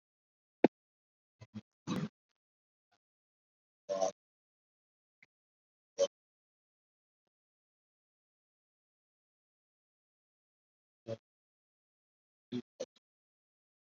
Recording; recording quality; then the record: counting at a fast pace; poor, much background noise or distortion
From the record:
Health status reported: COVID-19 positive, moderate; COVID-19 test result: positive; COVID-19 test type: RT-PCR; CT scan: not taken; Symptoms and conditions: cough, cold, breathing difficulty, fever, fatigue, chronic lung disease, hypertension, diabetes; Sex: male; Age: 65 years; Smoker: no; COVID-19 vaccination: both doses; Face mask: worn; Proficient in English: no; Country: India